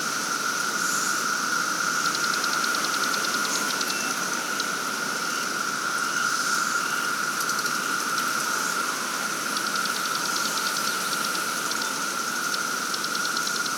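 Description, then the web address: Periodical cicadas in a massed chorus: a steady, unbroken high whine, with rapid ticking bursts of higher buzzing throughout. Many cicadas in chorus at Lake Springfield during the 2024 periodical cicada emergence. "The Psychologically Ultimate 220 Year Cicada Bloom. Lake Springfield Cicadas"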